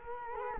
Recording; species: mosquito wingbeat signal from an infrared sensor; Culex quinquefasciatus